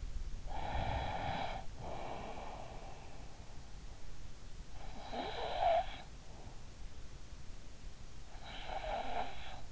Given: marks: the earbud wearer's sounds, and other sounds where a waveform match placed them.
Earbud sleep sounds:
sounds in sleep by an in-ear microphone; breath, snoring breath
0.00-3.95 s: breath
3.95-6.72 s: snoring breath
8.21-9.71 s: breath

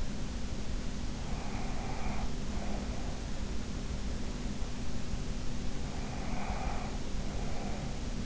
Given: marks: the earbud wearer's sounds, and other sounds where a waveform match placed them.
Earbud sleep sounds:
sounds in sleep by an in-ear microphone; breath
1.34-3.34 s: breath
5.91-8.25 s: breath

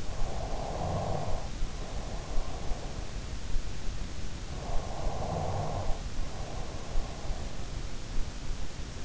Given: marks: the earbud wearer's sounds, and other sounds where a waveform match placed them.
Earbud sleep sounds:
sounds in sleep by an in-ear microphone; snoring breath
0.00-2.89 s: snoring breath
4.67-8.12 s: snoring breath

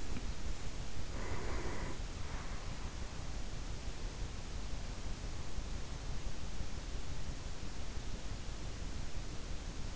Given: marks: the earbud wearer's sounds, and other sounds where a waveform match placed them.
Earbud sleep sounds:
sounds in sleep by an in-ear microphone; teeth grinding, breath
0.00-0.43 s: teeth grinding
1.12-2.15 s: breath

